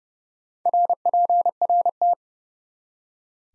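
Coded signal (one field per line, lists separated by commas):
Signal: Morse code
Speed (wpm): 36 wpm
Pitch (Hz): 700 Hz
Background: none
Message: RPRT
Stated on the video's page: Morse practice of common QSO elements in speed-racing format, starting fast and slowing to 30 wpm base, final repeat at maximum speed.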